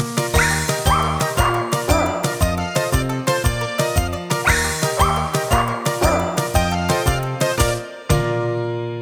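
Dog barks pitched into a tune, arranged like a choir singing a bouncy melody in a steady rhythm of short, harmonic yaps, ending on one long held chord; a dog choir, with a poodle barking the alto part, making its first record in a studio.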